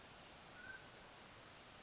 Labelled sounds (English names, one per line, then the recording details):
Mountain Quail
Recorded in Sonoma County, California